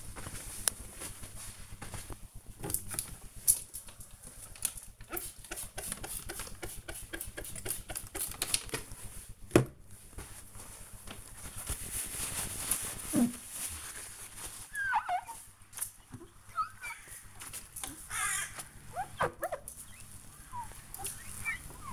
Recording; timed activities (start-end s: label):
household activities, microphone on the right wrist
0.00-21.93 s: window cleaning